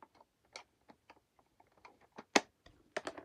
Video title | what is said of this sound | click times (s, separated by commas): MITSUBISHI ECLIPSE 4G 2006 - 2012 GAUGE CLUSTER UPGRADE COMPLETE PT 2 | And there you go. She clicks back in place the way it's supposed to. | 2.4 s